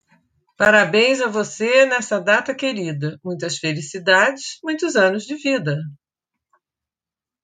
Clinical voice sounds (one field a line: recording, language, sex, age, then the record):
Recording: short text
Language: Brazilian Portuguese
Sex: female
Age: 60 to 69 years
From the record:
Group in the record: control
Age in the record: 67 years